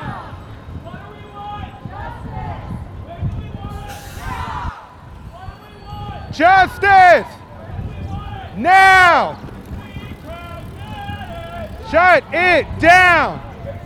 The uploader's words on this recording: Black Lives Matter bike protest, Brooklyn and Manhattan, NY. The protest started in Grand Army Plaza, moved through Flatbush and Atlantic Avenue, car traffic on the Brooklyn Bridge, through lower Manhattan, Tribeca, SoHo and NoHo, Washington Square Park, car traffic on the Williamsburg bridge, and ending in Domino Park.